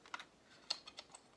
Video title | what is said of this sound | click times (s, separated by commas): Starlink Battle for Atlas Nintendo Switch unboxing/review (including joycon grip and Arwing Model) | my chest you can see clip that all and go it makes a little click then on the wings you | 0.7 s